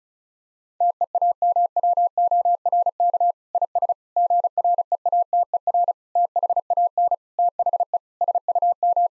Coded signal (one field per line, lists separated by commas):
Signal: Morse code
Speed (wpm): 34 wpm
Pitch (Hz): 700 Hz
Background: none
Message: TEAMWORK IS GREATER THAN THE SUM